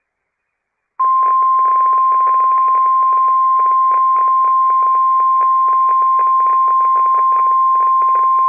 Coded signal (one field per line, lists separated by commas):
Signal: Emergency Alert System (SAME) tones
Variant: 1050 Hz attention tone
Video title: KY TORNADO DRILL TEST MESSAGE (EAS #23) 2022/03/02